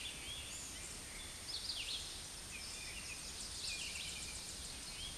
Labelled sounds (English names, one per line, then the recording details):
Red-eyed Vireo song
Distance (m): 35 m
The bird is about 20 m above the microphone
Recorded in a Pennsylvania forest on 16 May 2024 at 07:14
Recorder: AudioMoth, point MSD-0398
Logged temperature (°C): 16.4 °C
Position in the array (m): 167 m, 70 m